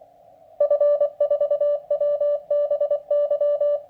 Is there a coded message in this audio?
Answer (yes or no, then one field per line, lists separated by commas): yes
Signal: Morse code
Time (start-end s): 0.6-3.8 s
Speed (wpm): 24 wpm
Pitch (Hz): 580 Hz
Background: none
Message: F4WBY